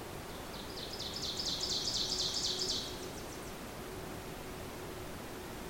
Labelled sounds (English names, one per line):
Ovenbird song